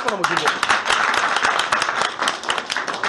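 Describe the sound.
A crowd applauds with dense, steady clapping that stays fairly loud for the whole stretch, with some voices calling out, most noticeably at the start.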